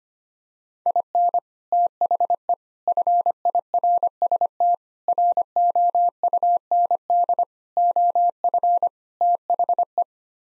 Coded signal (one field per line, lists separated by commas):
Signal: Morse code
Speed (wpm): 25 wpm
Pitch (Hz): 700 Hz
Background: none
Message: IN THE FIRST ROUND OF THE